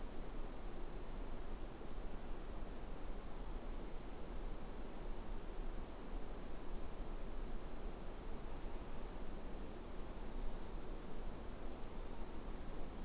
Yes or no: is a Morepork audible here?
no